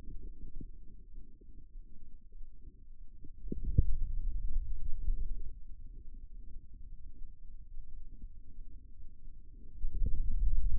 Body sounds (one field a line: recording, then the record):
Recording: forearm muscle sounds (acoustic myography)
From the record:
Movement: ulnar deviation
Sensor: system 2, bracelet of six BSWA MPA416 microphones around the upper forearm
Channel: 2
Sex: male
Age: 22 years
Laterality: right